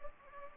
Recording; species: mosquito wingbeat signal from an infrared sensor; Anopheles gambiae